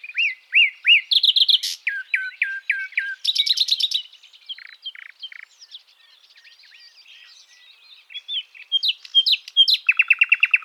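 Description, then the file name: Common nightingale singing loud hooked whistles, a stuttering run of slurred notes, a dry buzzy phrase, soft twitters, and a closing fast rattling trill. "Luscinia megarhynchos"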